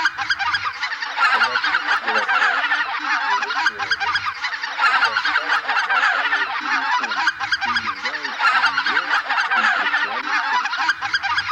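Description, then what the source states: Greater white-fronted goose: greater white-fronted geese calling as a flock: a dense, unbroken chorus of overlapping high yelping and cackling notes that runs throughout without pauses. Flock chatter, called a 'bazaar'.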